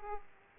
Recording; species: mosquito wingbeat signal from an infrared sensor; Aedes aegypti